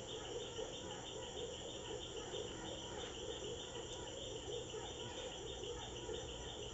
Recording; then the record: honeybee defence experiment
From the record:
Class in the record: control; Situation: empty test tube, no live specimens